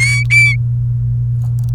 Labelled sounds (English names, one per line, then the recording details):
Domestic Canary song
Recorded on 29 April 2018 at 15:46
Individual llb3